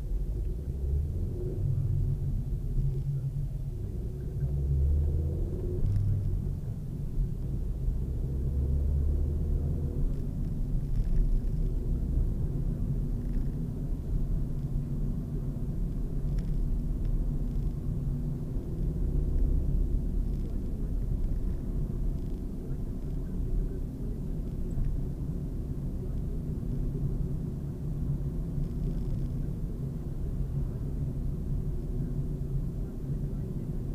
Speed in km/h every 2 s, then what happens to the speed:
14, 23, 28, 36, 42, 48, 49, 50, 50, 50, 53, 52, 53, 50, 50, 49, 49.
0-9 speeds up to 48. 9-34 steady at about 50.